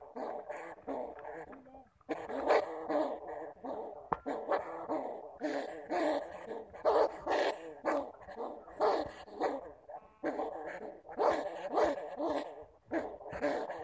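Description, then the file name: Bamboo rat making continuous rough growling calls in rapid bursts, nearly unbroken after the first two seconds. "Tieng dui keu"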